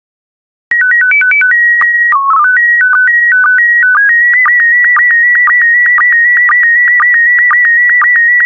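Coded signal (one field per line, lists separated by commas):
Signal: SSTV (slow-scan television)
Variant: PD 120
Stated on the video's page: SSTV images in PD120 mode, a daily decoding practice transmission with stock photos.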